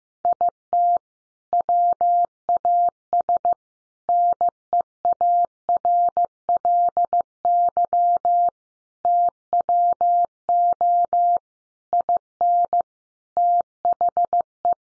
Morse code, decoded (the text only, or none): IT WAS NEARLY TWO IN THE